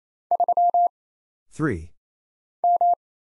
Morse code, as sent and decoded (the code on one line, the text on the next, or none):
...-- / --
3 M